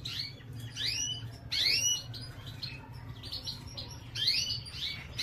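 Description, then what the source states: Canary giving thin rising chirps in loose clusters, several quick upward notes, with a constant low background hum. Female.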